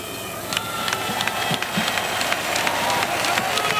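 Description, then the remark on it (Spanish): A crowd at a solidarity meeting in Bolivia applauds to welcome President Nicolás Maduro, a dense wash of clapping with scattered sharper claps standing out, loud and continuous throughout with no talk over it. “Hoy tenemos la presencia de su presidente, el presidente Nicolás Maduro, a quien le vamos a recibir con este fuerte aplauso.”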